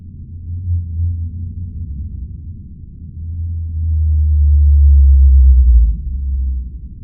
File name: blue whale fm calls brian miller australian antarctic division